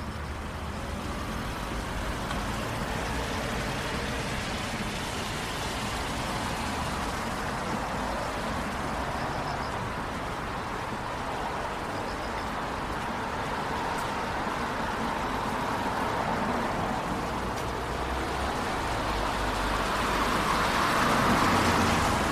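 A walk downtown on a rainy night, filled with a dense, steady hiss of rain and wet traffic noise. A constant low rumble of vehicles runs throughout, swelling gradually louder toward the end as a car or bus seems to pass.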